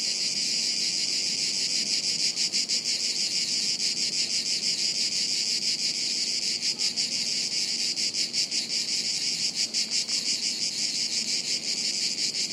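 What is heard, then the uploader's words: A chorus of cicadas buzzes high in the trees, a dense, bright, steady drone that never lets up across the whole stretch. Fast pulsing ripples run through the sound, strongest around the middle, while a faint low rumble sits underneath. Cicadas high in the trees. A chorus of cicadas on a hot afternoon high up in the trees above us in the woods near Sirolo, Italy. Recorded by Cities and Memory.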